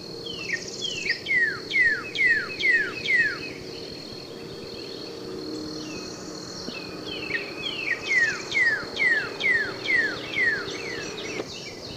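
Northern cardinal song: a series of clear whistled notes slurring downward, given twice with a pause between, over a faint steady high tone.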